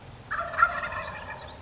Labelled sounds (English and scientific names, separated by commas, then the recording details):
Wild Turkey (Meleagris gallopavo)
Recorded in Sonoma County, California